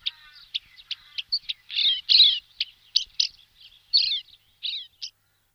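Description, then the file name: Pied wheatear giving a rapid run of harsh, chattering and twittering high notes, some rasping and some sharp, over about five seconds. "Kamenka pleshanka"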